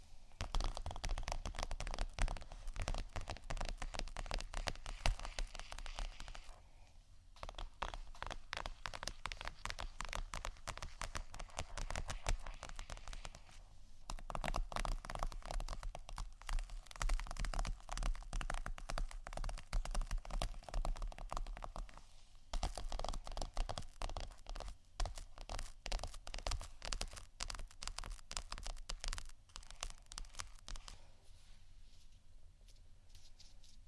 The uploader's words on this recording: ASMR Tapping & Scratching 5 Types Of Vinyl（No Talking）.